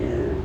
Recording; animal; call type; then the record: contact call of a hoofed animal; pig; closed-mouth grunt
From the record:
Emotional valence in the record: negative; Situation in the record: short social isolation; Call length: 0.45 s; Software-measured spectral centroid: 1080 Hz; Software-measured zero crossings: 790 a second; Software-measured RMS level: -24 dBFS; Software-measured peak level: -14 dBFS